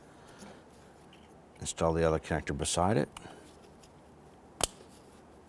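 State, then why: Seated. A second plastic electrical connector on a 2011-2017 Nissan Quest 3.5L V6 is pushed into the socket beside the first one during an engine torque strut mount replacement. Someone talks from about 1.6 to 3.0 s. The connector then locks into place with a single sharp click at 4.6 s.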